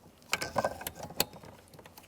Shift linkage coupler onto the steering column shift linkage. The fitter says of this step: Nice. I'm going to use my mirror just to double check it's locked into place.